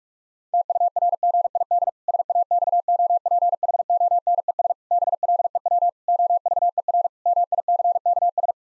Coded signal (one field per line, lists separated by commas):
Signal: Morse code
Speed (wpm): 46 wpm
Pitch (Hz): 700 Hz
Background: none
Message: TURGID SAXOPHONES BLEW OVER MICKS